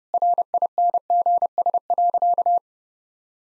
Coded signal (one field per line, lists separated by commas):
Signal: Morse code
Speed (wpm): 30 wpm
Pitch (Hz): 700 Hz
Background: none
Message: RINGS.